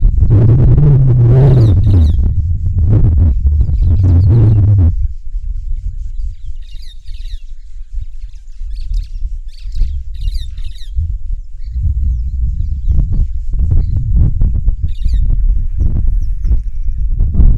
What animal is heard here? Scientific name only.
Dinemellia dinemelli